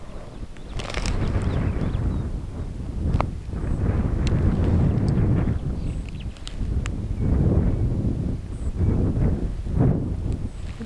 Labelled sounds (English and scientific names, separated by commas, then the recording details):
Superb Starling (Lamprotornis superbus) flight call
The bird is a female
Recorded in Kenya on 21 July 2010
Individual 84, of group SRB1